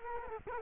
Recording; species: mosquito wingbeat signal from an infrared sensor; Culex quinquefasciatus